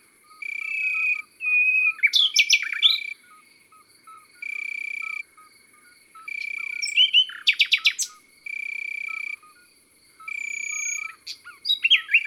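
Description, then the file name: Common nightingale singing varied phrases of sharp sweeps, rapid notes and whistles, alternating with steady buzzing insect trills that start and stop every few seconds. Recorded in the countryside. "Rossignol philomele Chants doiseaux dans la campagne"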